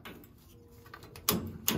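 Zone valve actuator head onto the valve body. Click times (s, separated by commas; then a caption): 1.3 s, 1.7 s. A replacement zone valve actuator head for a gas boiler, with its lever set to manual open, is pushed down onto the valve body and snaps into place. Low handling noise comes first, then two sharp snaps at 1.3 s and 1.7 s as the head seats.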